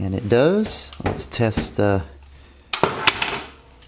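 Someone talks, then the magazine release button is pressed on an AR lower receiver with the upper open, and the empty rifle magazine drops free with a sharp click at 2.7 s. A few smaller knocks follow just after.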